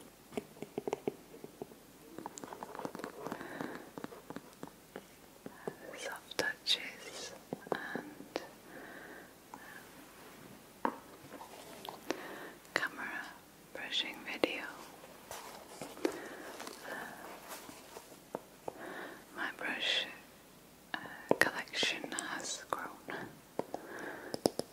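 Soft whispered speech runs throughout, broken by frequent sharp brushing and tapping strokes that click and scratch brightly, with short breathy pauses.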